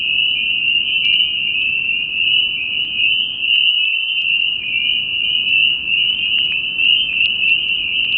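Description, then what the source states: Spring peepers calling in a dense chorus, high piping peeps blending into a continuous shrill ringing band throughout, with a faint low background rumble. Recorded at New Paltz.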